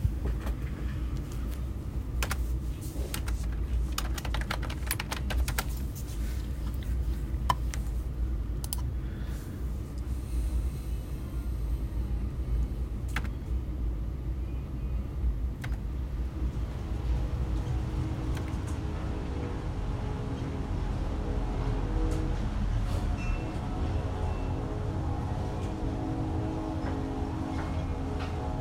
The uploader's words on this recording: Computer Start Up Sounds in order: Windows 3.1, Windows 95, Windows XP, Mac OS X Leopard, Windows 95, Windows Vista, Mac OS X Mountain Lion, Windows 8, Windows 10, Mac OS X Mojave.